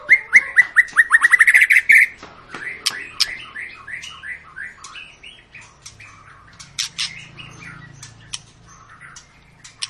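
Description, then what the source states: White-rumped shama song opening with a fast accelerating run of rising whistles, then a quieter series of repeated notes and clicks over a low hum. Long lure recording of actively singing white-rumped shama, played to make other birds sing.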